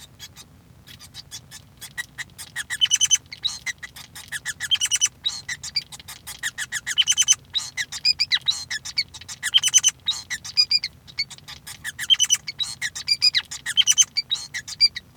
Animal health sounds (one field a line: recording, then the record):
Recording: song of a male Bengalese finch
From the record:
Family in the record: son of father 5